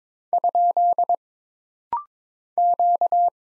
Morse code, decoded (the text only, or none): ? Q